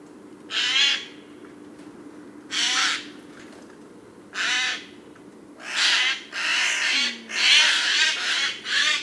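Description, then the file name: Eurasian jay giving loud, harsh screeching calls, spaced at first and then coming faster in a series near the end. "Garrulus glandarius"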